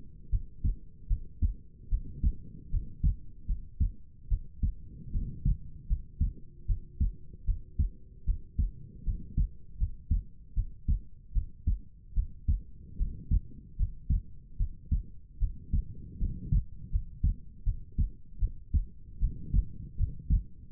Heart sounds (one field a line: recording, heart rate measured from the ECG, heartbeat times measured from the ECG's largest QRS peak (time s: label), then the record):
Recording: heart sounds by stethoscope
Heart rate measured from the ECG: 77 bpm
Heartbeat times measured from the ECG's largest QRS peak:
0.30 s: heartbeat
1.07 s: heartbeat
1.89 s: heartbeat
2.70 s: heartbeat
3.46 s: heartbeat
4.28 s: heartbeat
5.11 s: heartbeat
5.87 s: heartbeat
6.66 s: heartbeat
7.45 s: heartbeat
8.25 s: heartbeat
9.04 s: heartbeat
9.77 s: heartbeat
10.54 s: heartbeat
11.32 s: heartbeat
12.14 s: heartbeat
12.97 s: heartbeat
13.76 s: heartbeat
14.57 s: heartbeat
15.38 s: heartbeat
16.18 s: heartbeat
16.90 s: heartbeat
17.63 s: heartbeat
18.39 s: heartbeat
19.19 s: heartbeat
19.96 s: heartbeat
20.68 s: heartbeat
From the record:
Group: healthy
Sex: female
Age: 19 years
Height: 163 cm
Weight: 48.9 kg